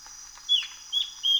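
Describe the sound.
Yellow-browed antbird giving three short clear whistles in quick succession, with a faint steady high hum in the background.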